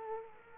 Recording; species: mosquito wingbeat signal from an infrared sensor; Culex quinquefasciatus